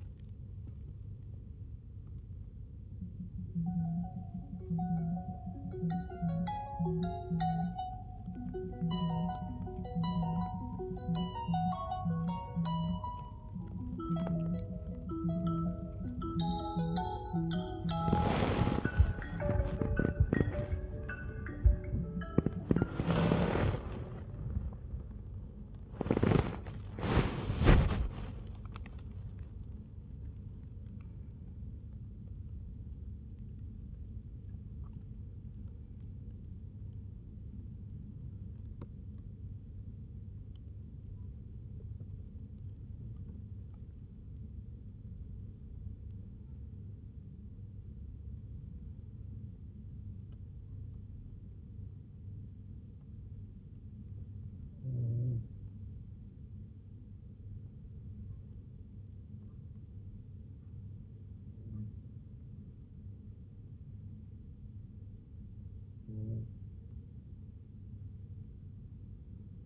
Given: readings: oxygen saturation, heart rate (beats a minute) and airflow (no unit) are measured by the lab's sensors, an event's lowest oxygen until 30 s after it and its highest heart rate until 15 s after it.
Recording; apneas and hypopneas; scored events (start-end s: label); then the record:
a person awake in a sleep study, by a smartphone at the bedside; none
0.00-49.00 s: awake
40.00-69.66 s: new sleep stage, N1 (lightest sleep)
From the record:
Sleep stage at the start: awake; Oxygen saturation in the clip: 95 to 97%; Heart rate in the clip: 48 to 102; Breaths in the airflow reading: 22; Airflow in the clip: -0.7 to 1.1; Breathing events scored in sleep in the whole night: 51 in 8.9 hours asleep